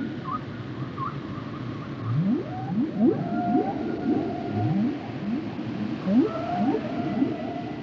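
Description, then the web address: Whale song: repeated rising upsweeps from low to mid pitch, with thin sustained tonal notes above, over steady low rumbling noise. "Whale Songs Whales and Dolphins - whale nature sounds songs"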